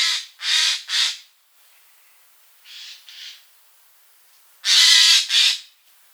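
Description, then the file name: Eurasian jay giving harsh, rasping screeches: three quick ones at the start, two softer ones midway and two loud final screeches. "Garrulus glandarius"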